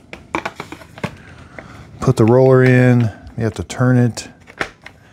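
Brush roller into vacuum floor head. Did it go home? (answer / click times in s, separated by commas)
yes / 4.6 s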